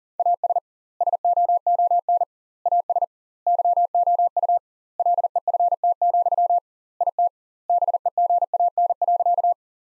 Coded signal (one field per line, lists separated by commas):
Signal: Morse code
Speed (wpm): 40 wpm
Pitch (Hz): 700 Hz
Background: none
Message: AS SOON AS YOU LEFT, IT BEGAN.